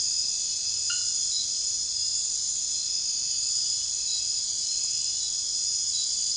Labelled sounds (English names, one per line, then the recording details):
none
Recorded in secondary vegetation near Puerto Asís, Putumayo, Colombia, on 28 February 2025 at 01:00
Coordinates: 0.484, -76.319
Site G010